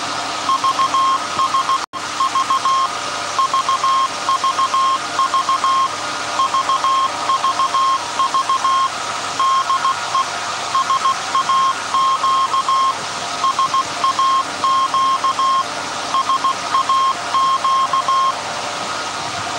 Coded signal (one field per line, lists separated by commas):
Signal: Morse code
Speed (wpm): 16 wpm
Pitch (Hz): 1070 Hz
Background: none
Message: VS V VVV VVV DE SAQ SAQ SAQ